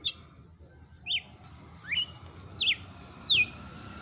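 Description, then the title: Red-cowled cardinal giving five separate high whistled notes, each a quick zigzag slur, with gaps of under a second between them. Female bird; song style called açoite selvagem; bird named Fenrir. "Canto Galo Campina Fêmea. Galo de campina FENRIR no AÇOITE SELVAGEM"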